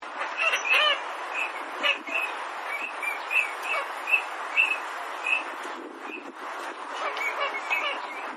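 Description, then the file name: Eurasian teal calls, short piping whistled notes repeated irregularly by several birds overlapping, with a steady hiss of background noise. "kogamo"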